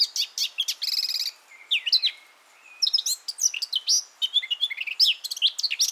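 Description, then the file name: Eurasian blackcap giving a jumbled, chattering warble with a short buzzy rattle, a thin drawn-out whistle, then dense twittering phrases of high notes. "Sylvia atricapilla"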